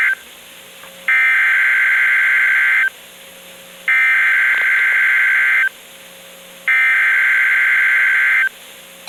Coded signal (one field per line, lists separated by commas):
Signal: Emergency Alert System (SAME) tones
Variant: header bursts